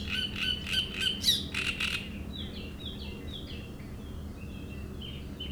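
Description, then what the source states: Great reed warbler giving two seconds of loud grating, repeated harsh notes, followed by softer descending whistles. Reed bed at Chatillon beach, Chindrieux, France; shrill song of a migrant from Africa that can sing day and night.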